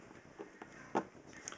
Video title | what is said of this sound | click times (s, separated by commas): Capsule Rebel Review for the Apple iPhone 3G | make sure you get all these little clips in there. You can hear them clicking. | 1.0 s, 1.5 s